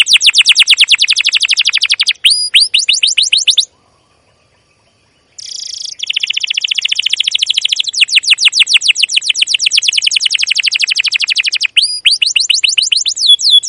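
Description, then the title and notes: Canary song of rapid, high chirping trills, with rising and falling sweeps and a short pause near four seconds, then continuous fast trilling. Long, continuous 'cuit cuit' canary song used as a lure to train young canaries to sing. "CUIT CUIT NGEROL LANGSUNG GACOR PANJANG Kenari Ini Utk Pancingan KENAR. PANCINGAN Kenari GACOR PANJANG Cuit CUIT EMOSI ini utk MASTERAN Kenari PAUD belajar BUNYI. burung kenari"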